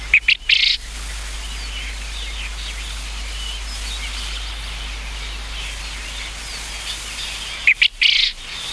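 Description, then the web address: Japanese quail calling twice, each a loud, rasping three-note burst, about seven and a half seconds apart, with soft chattering birds in between. "sikioto. uzura"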